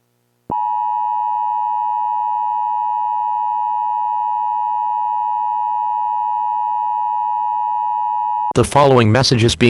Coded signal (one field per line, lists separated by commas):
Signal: Emergency Alert System (SAME) tones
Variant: 853 and 960 Hz attention tone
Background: speech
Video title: EAS mock scenario: A lake Volcanic Eruption